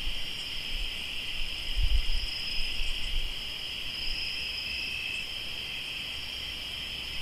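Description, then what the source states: Crickets trilling in a steady, continuous chorus, two bright high bands overlapping without pause, with faint low rumble and a brief soft thump near two seconds. Crickets recorded in Tlayacapan, Morelos.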